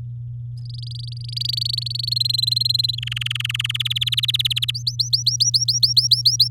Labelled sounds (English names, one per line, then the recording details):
Domestic Canary song
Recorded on 7 May 2018 at 13:20
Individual llb16